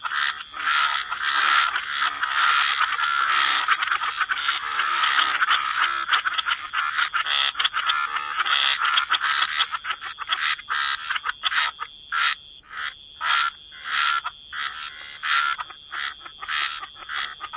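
Frog chorus starts as a dense wall of croaking, then breaks into distinct pulsed calls, with constant hiss in the background.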